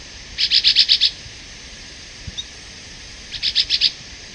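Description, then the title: Chestnut-bellied euphonia song: two bursts of several quick, high, bright chip notes, separated by a pause, over a steady high hiss. "LuckyPassaro Completos2Sama. Chestnut-bellied Euphonia (Euphonia pectoralis)"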